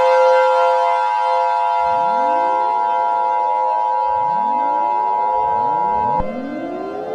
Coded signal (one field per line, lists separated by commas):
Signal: Emergency Alert System (SAME) tones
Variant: 853 and 960 Hz attention tone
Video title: EAS Summer Scenario Special: Summer's Wrath (Read Description)